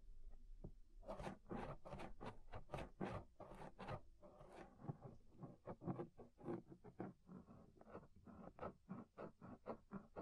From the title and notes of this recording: Inner and Outer Ear Scraping (No Talking).